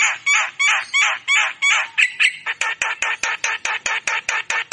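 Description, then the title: Javan myna song: harsh, scratchy phrases with short upslurred whistles, then a fast run of rasping notes. Lively singing Javan myna, its song filled with imitations of magpie-robin, green leafbird and lovebird; used as training audio for songbirds. "Masteran & Pancingan Kicauan Jalak Kebo Gacor Istimewa isian Murai Cucak Ijo Lovebird"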